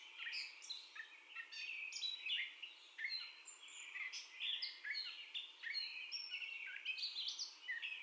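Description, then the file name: Gray catbird giving a rambling, squeaky warble of mixed whistles, chatters and mews, rarely pausing, each phrase shifting in pitch and tone. Catbird's first song, 30 May 2021. "2021-05-30 Catbird First Song"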